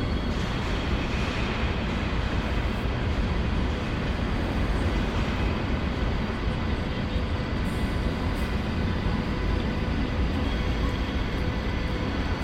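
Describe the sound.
Trains at Cologne Central Station fill the recording with a steady, dense rumble that stays at an even level throughout. A low roar dominates, with a constant hiss above it and faint, brief squeaks or clanks around four and eight seconds.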